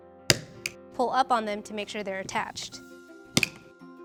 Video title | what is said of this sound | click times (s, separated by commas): How to Assemble the Diaper Changer for Graco Travel Dome™ LX & Travel Dome™ DLX | make sure you hear a click | 0.3 s